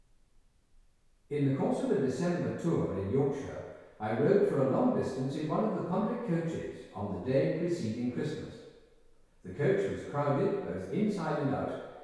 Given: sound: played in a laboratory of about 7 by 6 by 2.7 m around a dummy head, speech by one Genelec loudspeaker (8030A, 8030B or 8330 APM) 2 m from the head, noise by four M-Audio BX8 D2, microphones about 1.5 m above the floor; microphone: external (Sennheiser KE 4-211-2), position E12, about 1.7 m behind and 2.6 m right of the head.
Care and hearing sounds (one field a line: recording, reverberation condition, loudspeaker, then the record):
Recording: male speech in English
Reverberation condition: high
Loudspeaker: 150 degrees to the right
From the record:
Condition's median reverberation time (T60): about 1300 ms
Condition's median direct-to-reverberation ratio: about -4.0 dB